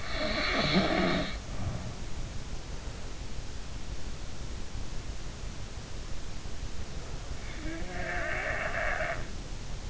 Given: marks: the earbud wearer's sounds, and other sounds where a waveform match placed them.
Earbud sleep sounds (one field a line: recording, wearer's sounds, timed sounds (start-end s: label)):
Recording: sounds in sleep by an in-ear microphone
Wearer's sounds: snoring breath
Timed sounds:
0.00-2.43 s: snoring breath
7.47-9.25 s: snoring breath